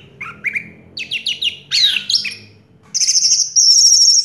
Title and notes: Anis Merah Teler Suara Jernih. kumpulan suara anis merah lengkap